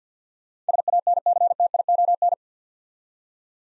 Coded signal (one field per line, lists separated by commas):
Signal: Morse code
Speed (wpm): 52 wpm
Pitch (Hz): 700 Hz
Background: none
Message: SANCTION